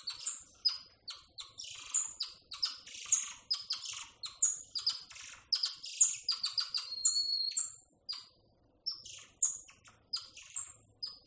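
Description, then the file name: Golden lion tamarin chattering with rapid, high-pitched chirps and short squeaks, nearly continuous, with one steadier whistled note midway and a short gap before more chirps. "audio hero Monkey Golden Lion Tamarin"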